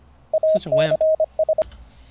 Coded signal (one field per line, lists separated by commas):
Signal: Morse code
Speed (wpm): 25 wpm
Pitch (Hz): 630 Hz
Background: speech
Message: ACS